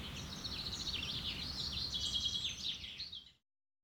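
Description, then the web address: Bird song with quick high warbling, up-and-down notes over a low rumble, ending abruptly after about three seconds. Woodland setting. "Effects 02-Birds, Insects Animals. Birds woodland"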